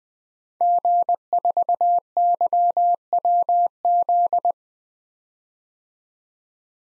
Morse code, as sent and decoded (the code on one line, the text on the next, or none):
--. ....- -.-- .-- --..
G4YWZ